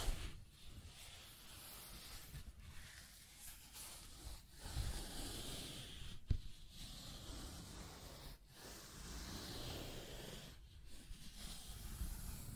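Continuous scratching and tracing strokes, a dense rough hiss that swells and fades, broken by brief pauses near two, four-and-a-half, six and eight seconds.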